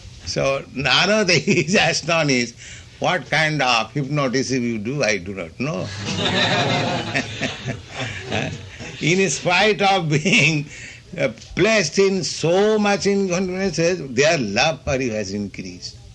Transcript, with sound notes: So Nārada, he is astonished, "What kind of hypnotism You do, I do not know. [laughter] In spite of being placed in so much inconveniences, their love for You has increased."